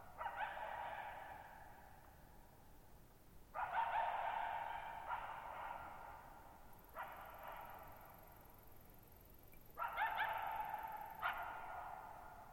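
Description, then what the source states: Coyote calling in harsh barks, several bursts a few seconds apart, each fading slowly in strong reverberation; a faint high whine appears midway. Lone coyote vocalizing at night, July 14, 2019, Thirtymile Meadows, Okanogan National Forest (Okanogan High Country), 6400 ft; high dry plateau among tall mountains, shallow bowl-shaped meadow with very long reverberation.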